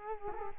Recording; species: mosquito wingbeat signal from an infrared sensor; Culex quinquefasciatus